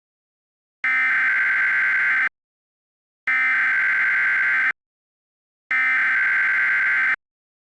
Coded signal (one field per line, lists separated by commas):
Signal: Emergency Alert System (SAME) tones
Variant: header bursts